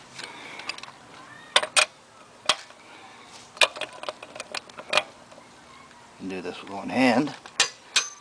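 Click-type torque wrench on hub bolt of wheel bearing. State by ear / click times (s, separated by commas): torque reached / 8.0 s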